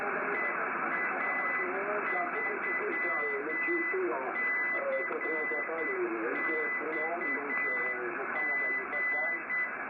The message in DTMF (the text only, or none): none